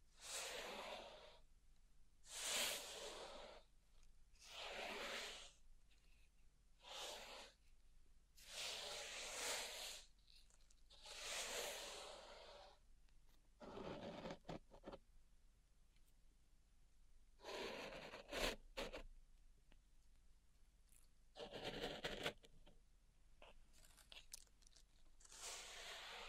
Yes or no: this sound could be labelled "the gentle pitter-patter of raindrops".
no